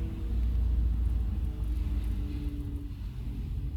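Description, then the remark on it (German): A car drives steadily along a road, its engine and tyres making a continuous low rumble that holds even for a few seconds, with no voices. “Ich drehte mich um und ging aus dem Haus, die Stufen hinunter und durch die Bäume zum Wagen. Wir fuhren den Weg zurück.”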